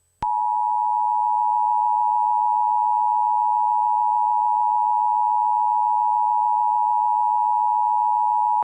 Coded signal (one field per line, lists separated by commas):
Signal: Emergency Alert System (SAME) tones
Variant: 853 and 960 Hz attention tone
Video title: 2014 eclipse eas fail